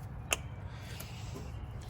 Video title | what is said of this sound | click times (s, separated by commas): How to Do an Ignition Tune Up - 1995 Ford F150 | get it on that center post, and then push down until you hear a click. | 0.3 s